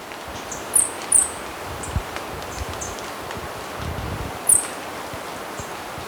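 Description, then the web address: Golden-winged manakin calls: three short, very high, sharp downslurred notes, two close together near the start and one later, over steady rustling forest background. Recorded in Ecuador. "Birds of Ecuador. Golden-Winged Manakin"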